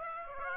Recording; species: mosquito wingbeat signal from an infrared sensor; Aedes aegypti